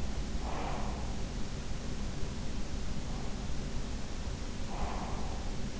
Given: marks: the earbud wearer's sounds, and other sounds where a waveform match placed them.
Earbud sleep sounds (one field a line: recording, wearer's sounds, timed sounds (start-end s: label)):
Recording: sounds in sleep by an in-ear microphone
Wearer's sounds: breath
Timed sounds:
0.39-1.54 s: breath
4.61-5.70 s: breath